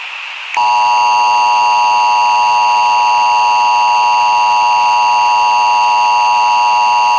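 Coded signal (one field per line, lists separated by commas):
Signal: Emergency Alert System (SAME) tones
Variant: 853 and 960 Hz attention tone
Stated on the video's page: Fictional nuclear meltdown alert made for a Roblox game.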